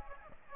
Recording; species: mosquito wingbeat signal from an infrared sensor; Aedes aegypti